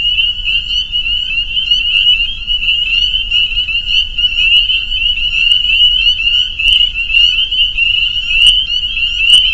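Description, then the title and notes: Many spring peepers peeping together in an unbroken high-pitched chorus, a few sharper clicks standing out near the end. Soundscape of a spring peeper chorus at a pond on friends' property in northern Vermont. "Peepers. a soundscape recorded at the peeper pond on our friends' property in northern Vermont"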